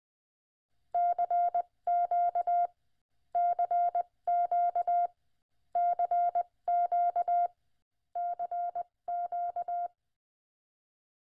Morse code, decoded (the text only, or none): CQ CQ CQ CQ